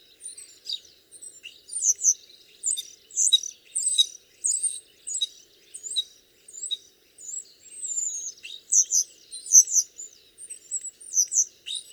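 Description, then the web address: Common starling song: continuous busy chattering of clicks, squeaky whistles and buzzy notes, delivered in quick varied bursts throughout. "geluiden spreeuw zang"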